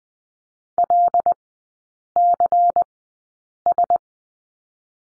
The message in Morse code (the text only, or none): LCS